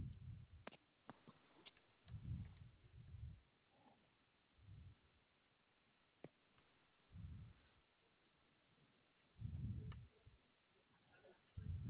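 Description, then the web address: Koala deep rumbling bursts at irregular intervals, with occasional sharp clicks. Recorded 6 2 2021. "Koala CS HMCrecordings 6 2 2021"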